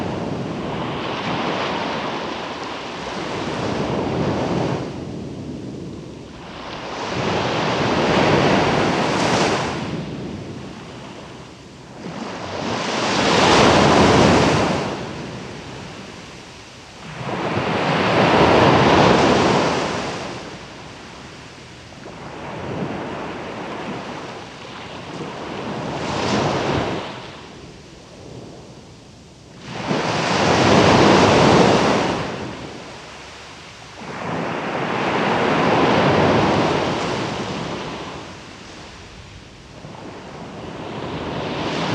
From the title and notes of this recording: Ocean ambience from Makrigialos: Waves crashing onto Diaskari Beach on South East Crete. We are visiting Crete, a Greek island in the Mediterranean Sea. The sound of ocean waves, recorded from a quiet spot on Diaskari beach, one October morning during sunrise.